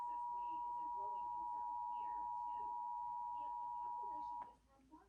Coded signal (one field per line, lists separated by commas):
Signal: Emergency Alert System (SAME) tones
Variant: 853 and 960 Hz attention tone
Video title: HALF AN HOUR EARLY… (San Luis Obispo County Monthly EAS Test from 8/3/23) (EAS #1,071-1,090)